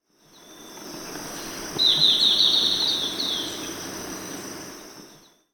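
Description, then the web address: Golden-faced tyrannulet call: a hurried burst of high, sharp twittering notes that tails off, set against a continuous high-pitched drone and hiss. Ecuador. "Natures Songs S America Birds of Ecuador Golden-Faced Tyrannulet"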